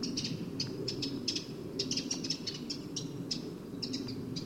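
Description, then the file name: Eurasian wren giving sharp, dry tick calls in quick irregular series over steady low background noise. "Troglodytes troglodytes"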